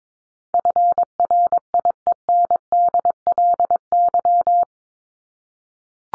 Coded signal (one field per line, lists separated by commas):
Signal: Morse code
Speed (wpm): 22 wpm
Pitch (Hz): 700 Hz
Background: none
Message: FRIENDLY